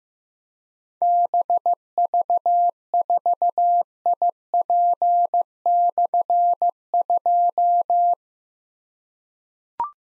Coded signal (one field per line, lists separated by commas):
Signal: Morse code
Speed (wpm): 15 wpm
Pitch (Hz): 700 Hz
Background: none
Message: BV4IP/2